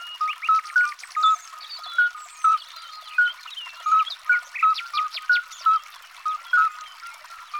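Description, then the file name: Midwife toad calls: short, pure, bell-like piping notes repeated throughout, with bird chatter above. "Alyte"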